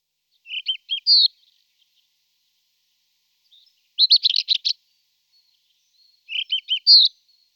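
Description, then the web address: Rufous-tailed scrub robin singing short varied phrases of clear whistles and fast scratchy trills, three phrases spaced about two to three and a half seconds apart. "All the bird songs of Britain and Europe - Jean-Claude Roche. Cercotrichas galactotes"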